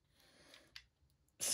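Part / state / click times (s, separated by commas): plastic pistol component onto frame / seated / 0.8 s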